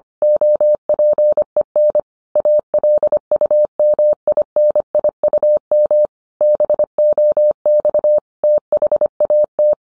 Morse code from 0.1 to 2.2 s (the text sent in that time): OPEN